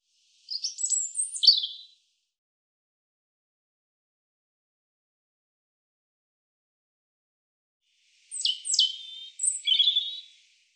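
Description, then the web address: European robin song: two short, high tinkling phrases of sharp whistled notes and rapid trills, separated by a long silence. "cianscape birddata Deverinetal 2025 Bird Er Ru Er Ru"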